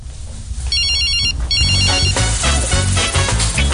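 A loud electronic cell phone ringtone plays a bright, repeating high-pitched melody over a thumping bass beat, like a music-style ring with no one talking.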